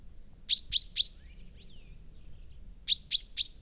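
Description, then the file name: Common chaffinch with two bursts of three sharp, ringing call notes about two seconds apart, otherwise near silence. Recorded at Immenstaedter Horn on 9 March 2014. "Buchfink 09 03 2014 Immenstaedter Horn OA Johannes Honold"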